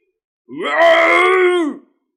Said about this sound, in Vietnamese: Hổ Thích Vương phát ra tiếng gầm gừ phẫn nộ không cam lòng, vốn đã trọng thương, gã rất gần với trạng thái hôn mê rồi.